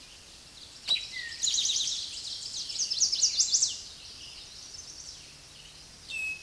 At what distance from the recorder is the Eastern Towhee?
about 5 m